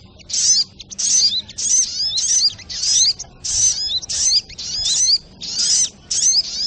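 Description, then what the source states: Little spiderhunter song, a fast string of shrill twittering bursts with upward and downward slurs, about ten phrases with short gaps between them. Training recording (masteran).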